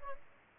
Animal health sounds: mosquito wingbeat signal from an infrared sensor; Aedes albopictus

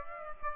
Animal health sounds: mosquito wingbeat signal from an infrared sensor; Aedes aegypti

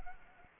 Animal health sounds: mosquito wingbeat signal from an infrared sensor; Anopheles arabiensis

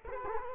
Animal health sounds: mosquito wingbeat signal from an infrared sensor; Culex quinquefasciatus

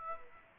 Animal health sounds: mosquito wingbeat signal from an infrared sensor; Aedes aegypti

